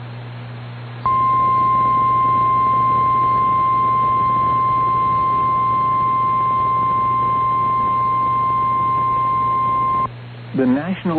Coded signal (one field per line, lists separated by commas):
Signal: Emergency Alert System (SAME) tones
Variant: 1050 Hz attention tone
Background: speech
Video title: Severe Thunderstorm Warning (KS and CO) (9/9/25) [EAS #294]